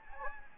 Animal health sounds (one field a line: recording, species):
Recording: mosquito wingbeat signal from an infrared sensor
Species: Anopheles gambiae